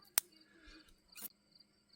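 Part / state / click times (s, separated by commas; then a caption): headlight bulb into its wiring connector / seated / 0.2 s. A new H13 headlight bulb for a 2011–2015 Chevy Cruze is lined up and pushed into its plastic wiring connector. A single loud, sharp click at 0.2 s shows it locking into place, followed by a few faint ticks and a soft rustle. Words in the clip: none.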